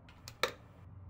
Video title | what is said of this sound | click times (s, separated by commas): Ta BiPAP A40® en vidéo (version sous-titrée) | Refermez correctement le couvercle jusqu'à entendre le clac. | 0.4 s